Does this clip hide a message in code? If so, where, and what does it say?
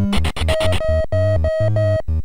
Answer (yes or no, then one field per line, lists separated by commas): no